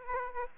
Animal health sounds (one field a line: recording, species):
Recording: mosquito wingbeat signal from an infrared sensor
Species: Aedes aegypti